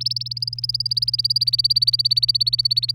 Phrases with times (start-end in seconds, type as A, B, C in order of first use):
0.00-2.94 A